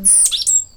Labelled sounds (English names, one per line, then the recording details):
Stitchbird song
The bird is a male
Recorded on Tiritiri Matangi Island, New Zealand, in 2005
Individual 17, of nest box 25